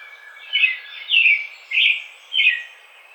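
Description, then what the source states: American robin delivering four clear, caroling notes, with quieter gaps between. Recorded 4 May 2009.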